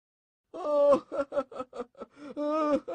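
A boy cries out loud: a long wavering wail breaks into a run of short, choppy sobs, then rises into another drawn-out wail.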